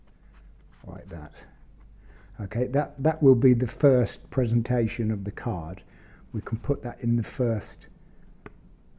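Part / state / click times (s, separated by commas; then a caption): playing card into a homemade magic prop gimmick / seated / 8.5 s. A playing card piece is pushed into the first section of a homemade magic-trick gimmick while someone talks. After the talking stops, a short, sharp click is heard at 8.5 s as the piece seats in place.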